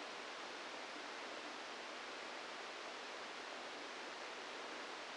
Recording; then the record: brain microelectrode recording played as sound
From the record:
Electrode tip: inside the subthalamic nucleus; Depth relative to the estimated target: 1 mm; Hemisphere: left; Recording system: NeuroSet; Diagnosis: Parkinson's disease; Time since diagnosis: 27 years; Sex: male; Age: 62 years